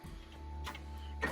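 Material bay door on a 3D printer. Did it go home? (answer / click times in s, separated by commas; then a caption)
yes / 1.2 s. The plastic material bay door of a MakerBot METHOD 3D printer is pushed closed so it clicks in and locks in place. A steady low machine hum with a faint tone runs throughout, with a soft rustle around 0.7 s. A sharp click at 1.2 s marks the door seating shut.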